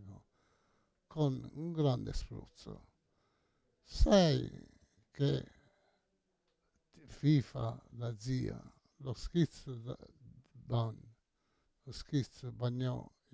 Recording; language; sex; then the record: read passage; Italian; male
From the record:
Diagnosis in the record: Parkinson's disease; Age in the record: 68 years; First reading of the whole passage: 85 s, 6.1 characters per second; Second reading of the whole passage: 63 s, 8.2 characters per second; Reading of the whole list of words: 49 s, 5.8 characters per second